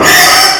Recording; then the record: squeal of a Yucatan mini pig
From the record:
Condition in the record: before surgery on the right vocal fold (resection and tissue-engineered implant); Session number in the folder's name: 2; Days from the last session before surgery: 0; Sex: male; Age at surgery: 12 weeks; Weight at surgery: 13 kg